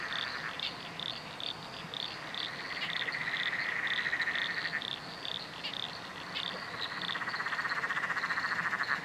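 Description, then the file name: Frog chorus of rapid pulsed trills around a mid-high pitch, with higher chirping notes repeated above, layered callers overlapping throughout. Several frogs calling in chorus at night under a bridge, Royal National Park. "nocturnal frog chorus under a bridge royal national park"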